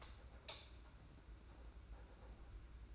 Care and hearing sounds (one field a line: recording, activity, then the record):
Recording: daily activity, microphone in the room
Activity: light on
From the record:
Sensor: 2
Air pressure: 991.7 hPa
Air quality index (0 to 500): 225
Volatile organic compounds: 1000 ppm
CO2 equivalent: 7542 ppm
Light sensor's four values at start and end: 11/27/10/10 and 11/27/10/10